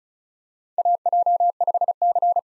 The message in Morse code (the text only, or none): AJ5C